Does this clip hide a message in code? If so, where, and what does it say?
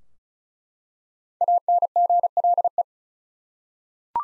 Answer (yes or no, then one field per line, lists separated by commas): yes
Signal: Morse code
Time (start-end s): 1.4-2.8 s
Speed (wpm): 34 wpm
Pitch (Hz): 700 Hz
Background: none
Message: ANGLE